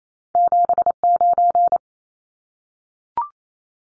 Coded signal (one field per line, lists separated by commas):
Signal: Morse code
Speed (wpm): 28 wpm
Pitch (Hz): 700 Hz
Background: none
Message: 79